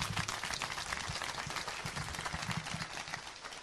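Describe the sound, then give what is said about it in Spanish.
A crowd applauds the organisers at the fifth gala of the Berceo prize, many hands clapping in a dense, even wash of sound that stays loud throughout without letting up. “Así que para toda la organización, pido por favor un fuerte aplauso.”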